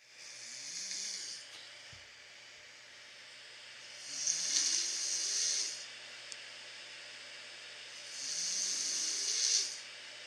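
Hissing, rasping breath noises roughly every four seconds, about 15 a minute, with a faint low rattle: a sleeping adult snoring.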